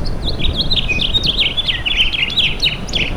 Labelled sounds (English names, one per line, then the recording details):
House Finch song
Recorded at Freeport on Long Island, New York, on 28 May 2013
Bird D